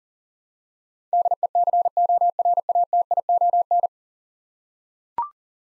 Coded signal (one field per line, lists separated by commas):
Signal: Morse code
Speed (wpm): 40 wpm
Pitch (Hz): 700 Hz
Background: none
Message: DECORATION